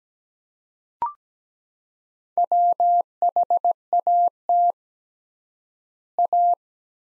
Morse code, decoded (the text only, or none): WHAT A